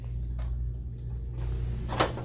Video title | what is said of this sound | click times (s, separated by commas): How to add and replace staples on your Ricoh copier -- Office Systems Tech Tips | until it clicks press that back down | 2.0 s